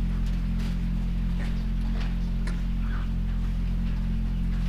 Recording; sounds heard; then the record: poultry house recording; sick chickens (respiratory disease)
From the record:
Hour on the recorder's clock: 5